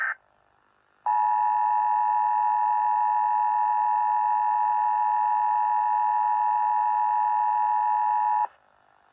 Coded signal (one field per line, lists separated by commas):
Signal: Emergency Alert System (SAME) tones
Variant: 853 and 960 Hz attention tone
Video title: Poppy Playtime Chapter 3 “The Hour of Joy Emergency Alert System/EAS”